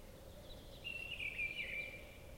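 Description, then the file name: Common chaffinch: a single rapid trilled phrase lasting over a second, with a low droning hum underneath. "Fringilla coelebs"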